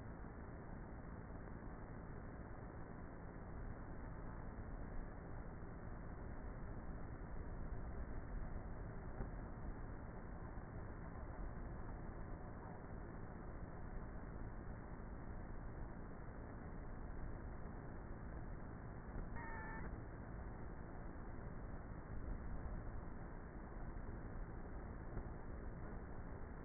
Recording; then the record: honeybee colony, microphone inside the hive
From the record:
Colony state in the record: queenless with a low population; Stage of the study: before two queens were removed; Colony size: about 30,000 bees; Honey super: no